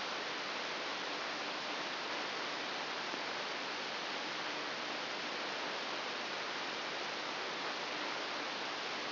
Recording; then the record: brain microelectrode recording played as sound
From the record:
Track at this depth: inside the subthalamic nucleus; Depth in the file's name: 1.407 mm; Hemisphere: right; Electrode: 3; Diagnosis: Parkinson's disease